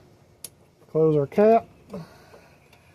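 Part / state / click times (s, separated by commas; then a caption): crimped wire terminal into weather-pack connector housing / seated / 0.5 s. A crimped wire terminal is pushed into a weather-pack connector housing while wiring an electric fan on a 2002 GMC Sierra 5.3 LS. A sharp click at 0.4 s shows the terminal seating home, then someone talks, followed by softer clicks near 1.9 s and 2.7 s.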